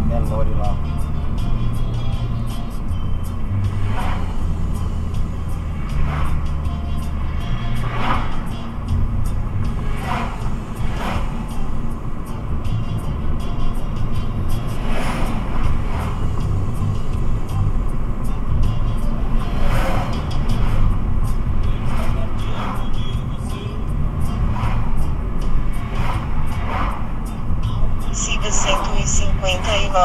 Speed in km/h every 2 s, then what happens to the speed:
52, 52, 52, 55, 56, 57, 58, 59, 59, 59, 57, 54, 53, 49, 48.
0-18 steady at about 56. 18-30 slows to 48.